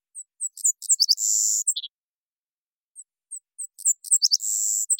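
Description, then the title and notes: Savannah sparrow giving two songs, each starting with soft high ticks, then quick sharp notes, a drawn-out buzzy trill and a brief dropping final note. Washington, Pacific Northwest, United States; perches on a lone field shrub calling out over and over; collected song variants. "Savannah Sparrow Passerculus sandwichensis, collected song variants"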